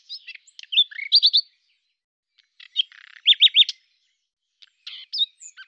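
Common nightingale song of varied short phrases, with scratchy chips and bright repeated slurred notes in small groups, then softer fragments, against a quiet background.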